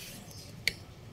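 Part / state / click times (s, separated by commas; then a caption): torque wrench on second scooter oil drain bolt / torque reached / 0.7 s. A click-type torque wrench tightens the second oil drain bolt on a Mio i125 scooter during an oil change with Petronas Sprinta A700. Faint low rustling fills the clip until one sharp, bright click at 0.7 s, which shows that the wrench has reached its set torque and the bolt is tightened.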